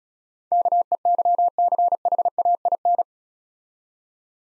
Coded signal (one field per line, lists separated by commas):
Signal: Morse code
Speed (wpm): 35 wpm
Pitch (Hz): 700 Hz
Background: none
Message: KEYCHAIN